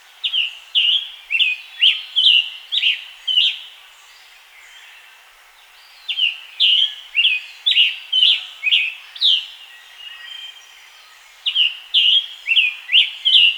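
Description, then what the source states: Scarlet tanager song: hoarse, burry notes in quick runs of several, three bouts separated by pauses of a few seconds, the last bout cut off. Scarlet tanager singing in its environment, Pennsylvania.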